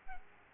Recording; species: mosquito wingbeat signal from an infrared sensor; Aedes albopictus